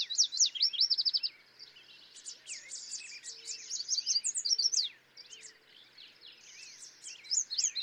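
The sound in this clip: Yellow warbler song opens with a fast run of bright, slurred notes ending in a trill, followed by a longer, busier stretch of mixed chirps and trills, and another run at the end.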